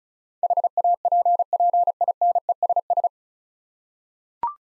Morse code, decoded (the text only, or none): HAPPINESS